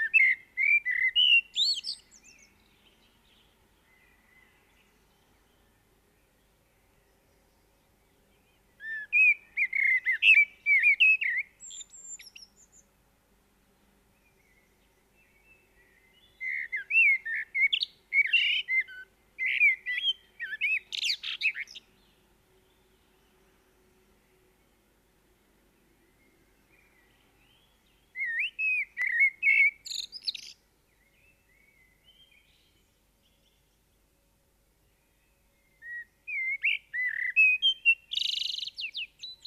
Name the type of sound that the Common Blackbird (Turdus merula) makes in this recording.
song